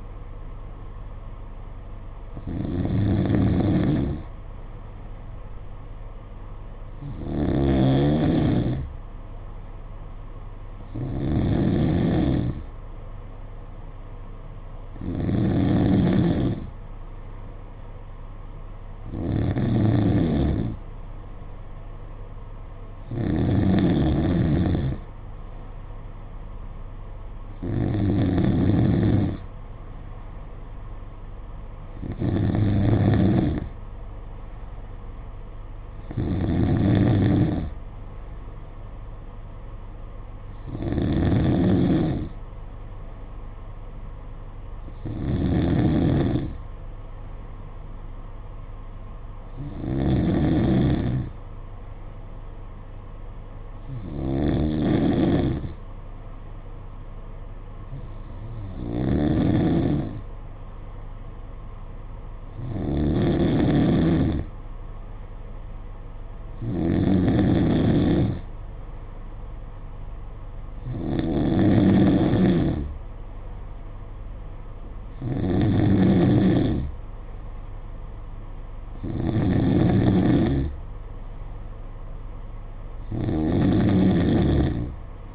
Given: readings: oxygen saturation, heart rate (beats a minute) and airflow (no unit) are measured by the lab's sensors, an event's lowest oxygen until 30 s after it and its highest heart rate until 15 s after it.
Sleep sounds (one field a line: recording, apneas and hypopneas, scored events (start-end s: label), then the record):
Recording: breathing in sleep by a smartphone at the bedside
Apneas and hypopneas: none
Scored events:
74.00-85.35 s: new sleep stage, N3 (deep sleep)
From the record:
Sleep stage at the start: N2 (light sleep)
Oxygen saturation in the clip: 92 to 94%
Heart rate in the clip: 53 to 57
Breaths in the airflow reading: 21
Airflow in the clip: -4.6 to 4.3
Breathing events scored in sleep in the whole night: 476 in 9.7 hours asleep